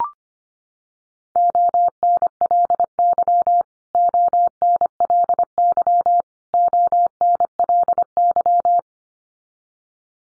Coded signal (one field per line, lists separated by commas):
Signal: Morse code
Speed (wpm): 25 wpm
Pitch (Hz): 700 Hz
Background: none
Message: ONLY ONLY ONLY